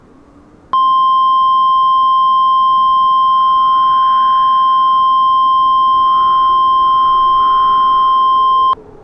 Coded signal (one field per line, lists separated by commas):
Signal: Emergency Alert System (SAME) tones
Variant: 1050 Hz attention tone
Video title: Cyberattack EAS Scenario - Cryo Attack